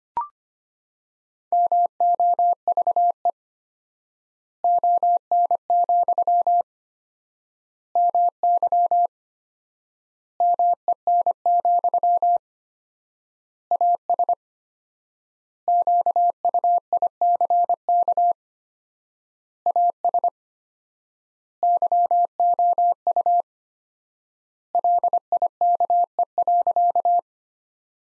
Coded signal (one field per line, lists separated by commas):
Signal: Morse code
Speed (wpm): 25 wpm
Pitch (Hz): 700 Hz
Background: none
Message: MOVE ON, MY MEN, AS QUICK AS YOU LIKE.